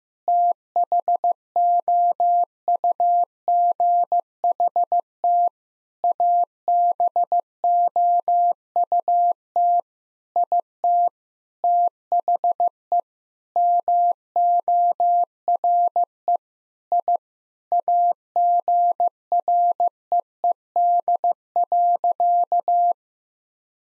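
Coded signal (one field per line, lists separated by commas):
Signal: Morse code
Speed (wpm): 15 wpm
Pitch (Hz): 700 Hz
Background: none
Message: THOUGHT ABOUT IT THE MORE I AGREED.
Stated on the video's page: Sentence-copying drill of common nine-word phrases at 15 wpm, first words spoken, each sentence sent in Morse, then spoken, then sent again.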